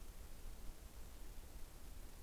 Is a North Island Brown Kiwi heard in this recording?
no